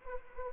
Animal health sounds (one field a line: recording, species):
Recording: mosquito wingbeat signal from an infrared sensor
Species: Anopheles arabiensis